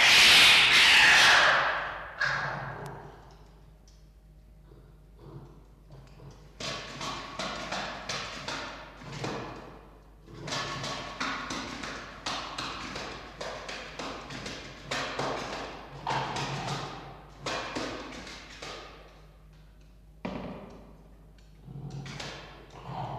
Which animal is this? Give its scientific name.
Vulpes vulpes